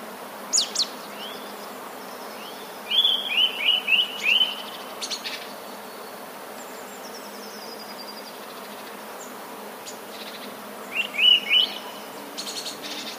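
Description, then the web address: Eurasian nuthatch calls: a short, sharp chirped note, then a burst of about five, and after a long quiet gap a shorter burst of a few. Recorded on 13 January 2019. "wroblowe kolekcja kowalik 13 01 2019"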